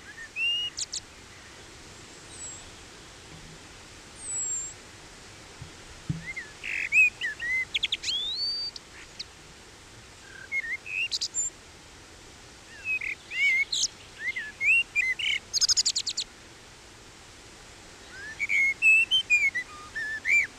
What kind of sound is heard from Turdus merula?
song